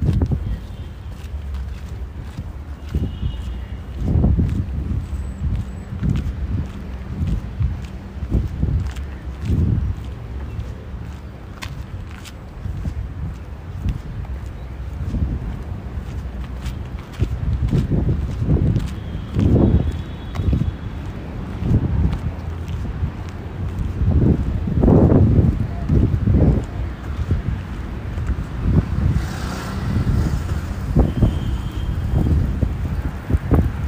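A walk and ride through the city, dominated by a low, uneven rumble with irregular thuds and knocks that grow denser and louder after about 17 seconds. Faint voices and light clicks surface now and then, with a brief hissy swell near 29 seconds.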